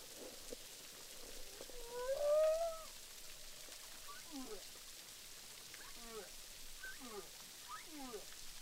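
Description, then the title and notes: Humpback whale song: a loud rising moan near two seconds, then a series of short descending swoops. Several humpback whales recorded underwater with a hydrophone at Boucan Canot, Réunion Island, during filming. "humpback whales, boucan canot, ile de la reunion. enregistré avec un hydrophone"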